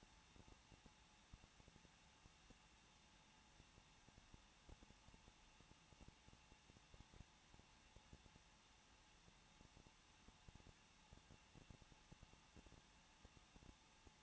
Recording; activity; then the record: daily activity, microphone in the room; no activity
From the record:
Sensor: 1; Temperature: 20.1 degrees Celsius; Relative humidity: 39.1%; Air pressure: 1006.4 hPa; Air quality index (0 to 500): 216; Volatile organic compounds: 73 ppm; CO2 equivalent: 3543 ppm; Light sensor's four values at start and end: 1/2/1/1 and 1/2/1/1